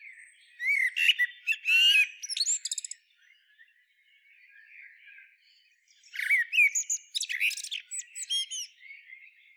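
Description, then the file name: Common blackbird song in two bursts, warbling notes rising into sharp, squeaky high twitters, separated by a quiet spell of faint chirping. "Turdus merula"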